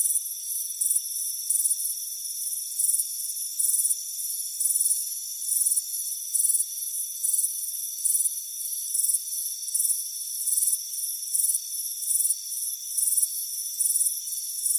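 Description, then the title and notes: Crickets chirp in quick, high buzzy pulses repeated at a brisk, steady pace over a constant shrill hum. Crickets chirping on a warm afternoon on a front porch. "Soothing Crickets Chirping Sound. It's a warm afternoon as you relax in a hammock on the front porch. Relax and fall asleep to the soothing sound of chirping crickets"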